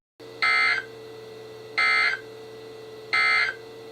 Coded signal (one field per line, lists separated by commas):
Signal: Emergency Alert System (SAME) tones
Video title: EAS #921-#929: Spook Month Rain Showers | KHB36